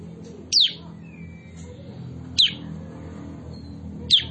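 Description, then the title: Bulbul calling with three clear, high chirps that slide downward, spaced roughly every two seconds, over a steady low hum. Training song used to teach birds; also used for pikat, luring birds. "Masteran Kutilang Sutra. kutilang sutra pikat"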